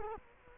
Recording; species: mosquito wingbeat signal from an infrared sensor; Culex quinquefasciatus